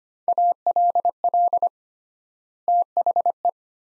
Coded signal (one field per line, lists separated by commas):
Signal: Morse code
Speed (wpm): 25 wpm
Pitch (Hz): 700 Hz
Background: none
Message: ALL THE